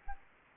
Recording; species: mosquito wingbeat signal from an infrared sensor; Aedes albopictus